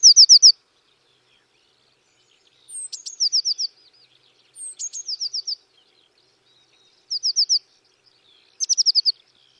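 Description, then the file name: Eurasian Blue Tit repeating a short song five times at irregular intervals, a rapid trill, mostly preceded by a thin high note. "Cyanistes caeruleus"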